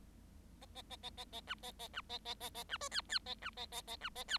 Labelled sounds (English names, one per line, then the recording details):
Bengalese Finch song
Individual Bird7